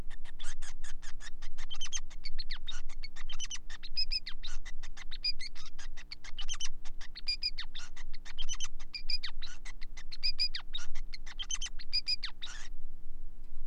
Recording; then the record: song of a male Bengalese finch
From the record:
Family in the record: son of father 5